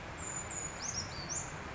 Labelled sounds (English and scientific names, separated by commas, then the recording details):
Brown Creeper (Certhia americana)
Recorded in Sonoma County, California